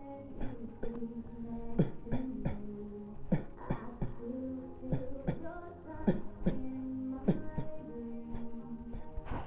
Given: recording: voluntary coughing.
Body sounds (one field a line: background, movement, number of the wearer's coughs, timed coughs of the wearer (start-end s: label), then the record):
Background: music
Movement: sitting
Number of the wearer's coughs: 16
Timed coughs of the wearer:
0.39-0.66 s: cough
0.80-1.21 s: cough
1.76-2.00 s: cough
2.09-2.42 s: cough
2.42-2.84 s: cough
3.29-3.51 s: cough
3.67-3.99 s: cough
3.99-4.22 s: cough
4.89-5.24 s: cough
5.25-5.50 s: cough
6.04-6.39 s: cough
6.43-6.71 s: cough
7.25-7.45 s: cough
7.55-7.79 s: cough
8.26-8.62 s: cough
8.86-9.21 s: cough
From the record:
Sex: male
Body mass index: 23.7 kg/m2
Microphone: on the chest, facing the body